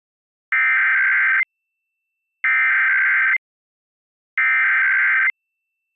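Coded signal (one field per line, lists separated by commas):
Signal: Emergency Alert System (SAME) tones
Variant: header bursts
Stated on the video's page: Required monthly tests received from Pennsylvania FM radio stations, an FM translator, and a TV subchannel, including an EASyCAST and SAGE relay.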